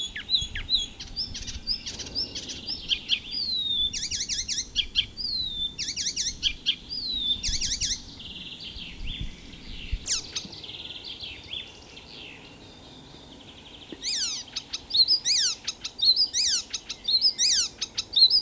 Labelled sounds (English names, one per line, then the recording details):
Icterine Warbler song
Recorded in the wild
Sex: male
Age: adult
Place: Großgründlach, Bayern, DE
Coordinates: 49.5306, 11.0017
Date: 1963-05-20
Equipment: Nagra, AKG D19/200, Original, Vollspur
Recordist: Tretzel, Erwin